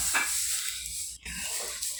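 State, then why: Not seated. A blue wire with a white stripe is handled and hooked onto its matching terminal on a replacement drain motor in an LG automatic washing machine that was not draining because of a defective drain motor. A steady hiss of rustling and handling noise briefly drops out, then a sharper burst comes in at about 1.3 s before the rustling continues. The wire is hooked on, but nothing has seated or clicked home yet.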